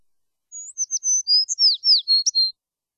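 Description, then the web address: Sparrow song, one two-second phrase of high whistled notes and rapid falling chirps, clean with no other sounds. Small sparrow singing. "love singing small sparrow"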